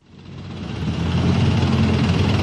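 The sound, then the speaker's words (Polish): Heavy armored vehicle engines roar with crunching tracks during a military parade rehearsal, swelling from a fade-in to a steady, dense low rumble with a rough, throbbing texture, loud and continuous with no voices. “Ten ryk silników, chrzest gąsienic jest wspaniałego.”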